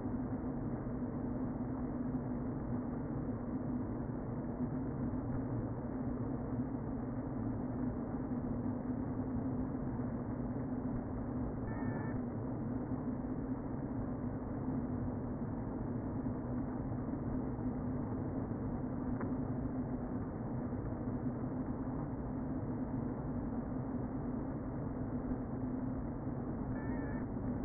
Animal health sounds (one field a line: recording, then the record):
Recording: honeybee colony, microphone inside the hive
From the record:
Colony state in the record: queen present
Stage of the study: before two queens were removed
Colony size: about 60,000 bees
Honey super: yes